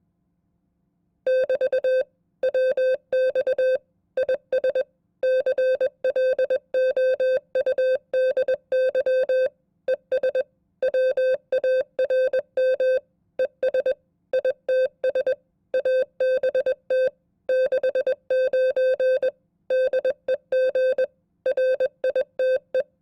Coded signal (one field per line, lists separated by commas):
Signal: Morse code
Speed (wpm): 21 wpm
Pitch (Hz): 520 Hz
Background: none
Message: <BT> WX IS CLOUDY ES WARM ES ITS ABT 69 DEG RITE